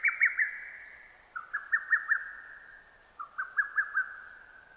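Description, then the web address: Lesser cuckoo in full song, three quick runs of clear whistled notes in under five seconds. Recorded 6 June 2009. "sounds data 2009 D 50-hototogisu-20090606"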